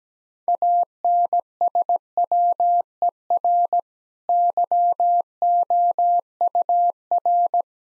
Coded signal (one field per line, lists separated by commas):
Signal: Morse code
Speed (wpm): 17 wpm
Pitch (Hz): 700 Hz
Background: none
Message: ANSWER YOUR